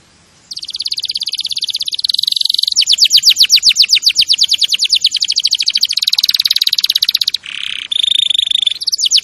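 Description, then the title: Canary delivering a long continuous song: sustained buzzy rolls shifting into a very rapid even trill, a short pause, then more trilling. Champion canary's song, used as a master recording for training other birds. "Masteran Kenari Juara"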